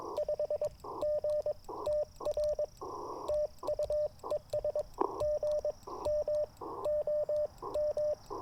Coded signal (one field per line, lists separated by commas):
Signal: Morse code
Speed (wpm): 22 wpm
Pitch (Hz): 600 Hz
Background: radio noise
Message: 5GTR TU ES GM OM